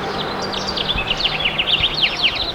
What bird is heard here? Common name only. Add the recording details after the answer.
House Finch. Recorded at Babylon on Long Island, New York, on 18 May 2013. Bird A